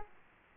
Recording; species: mosquito wingbeat signal from an infrared sensor; Aedes aegypti